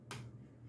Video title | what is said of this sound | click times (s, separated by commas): How to insert Micro SD card in a Samsung Galaxy A7 Lite tab 2023 | and then should hear the click sound. | 0.1 s